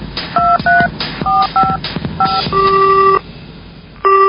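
A telephone number is dialed to call a police officer: a quick series of short, steady two-tone keypad beeps, then a long ringback tone that stops and starts again, with no one speaking.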